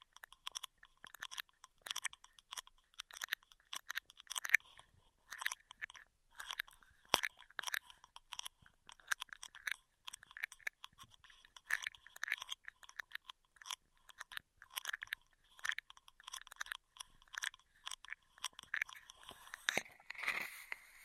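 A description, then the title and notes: Ear trigger sounds with no talking: a dense, irregular stream of crisp clicks and crunchy bursts, several per second, continuing throughout. The sounds are mostly bright and light, with a sharp snap near seven seconds and a louder rustling flurry near the end. Intense Ear Triggers (No Talking).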